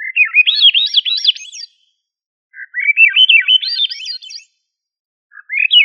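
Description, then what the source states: Thrush singing rising phrases of rapid looping whistles that step upward in pitch, separated by short silent gaps, with a third phrase beginning at the end. Family Turdidae; called sabiá.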